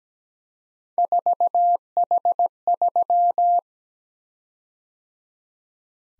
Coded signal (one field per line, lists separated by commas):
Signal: Morse code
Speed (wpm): 17 wpm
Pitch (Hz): 700 Hz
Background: none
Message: 4H3